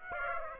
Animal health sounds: mosquito wingbeat signal from an infrared sensor; Aedes aegypti

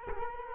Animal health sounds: mosquito wingbeat signal from an infrared sensor; Culex quinquefasciatus

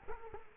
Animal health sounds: mosquito wingbeat signal from an infrared sensor; Culex quinquefasciatus

